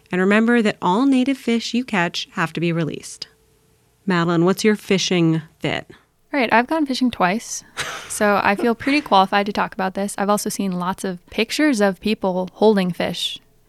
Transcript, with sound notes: And remember that all native fish you catch have to be released. Madeline, what's your fishing fit?
All right, I've gone fishing twice, [laughs] so I feel pretty qualified to talk about this. I've also seen lots of pictures of people holding fish.